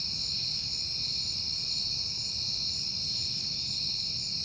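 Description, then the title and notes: Crickets chirping in a constant shrill chorus, uniform high tones with no breaks, light low-frequency background noise. At night in September, on a peaceful night. "Night Time: Crickets and Passing Cars. It is September and I have been hearing the crickets a lot, but finally had a peaceful night to make the recording"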